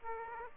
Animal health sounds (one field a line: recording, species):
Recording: mosquito wingbeat signal from an infrared sensor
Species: Aedes aegypti